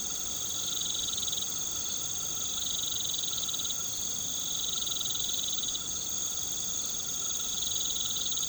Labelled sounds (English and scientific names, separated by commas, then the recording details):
none
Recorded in pastures near Puerto Asís, Putumayo, Colombia, on 13 March 2025 at 19:30
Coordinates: 0.486, -76.323
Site G075